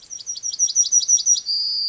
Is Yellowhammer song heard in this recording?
yes